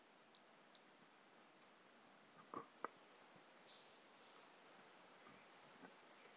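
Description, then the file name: Brachycephalus mirissimus giving two quick high chirps, then a longer buzzy high note, followed by further short whistled notes, with a few dull low taps between. Individual 01 of Brachycephalus mirissimus, recorded 18 January 2018; the frog was not collected. "Brachycephalus mirissimus 18 jan 2018 individual 01 ex 02 A E Confetti not collected"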